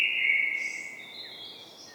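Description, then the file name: Common blackbird ending a fluted phrase, the low whistle fading into a thin, high squeaky twitter. "Turdus merula"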